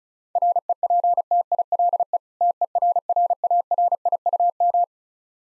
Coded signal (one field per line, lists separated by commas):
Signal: Morse code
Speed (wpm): 36 wpm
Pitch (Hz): 700 Hz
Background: none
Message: REPTILE TERRARIUM